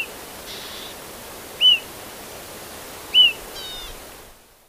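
Pied bush chat: two clear arched whistled calls about a second and a half apart, plus faint buzzy and harsh stacked notes over steady hiss.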